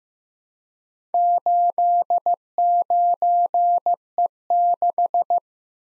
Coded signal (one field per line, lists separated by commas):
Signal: Morse code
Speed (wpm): 15 wpm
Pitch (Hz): 700 Hz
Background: none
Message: 89E6